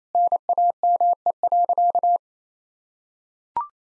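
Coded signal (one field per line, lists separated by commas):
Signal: Morse code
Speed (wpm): 28 wpm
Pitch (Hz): 700 Hz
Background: none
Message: NAME.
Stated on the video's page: Morse practice at 28 WPM of sentences containing common five-word phrases, for head-copy training.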